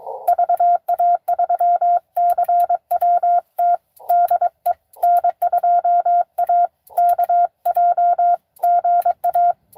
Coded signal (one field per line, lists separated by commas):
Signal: Morse code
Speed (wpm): 21 wpm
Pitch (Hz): 700 Hz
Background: radio noise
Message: VA3CWT DE N2AKJ GA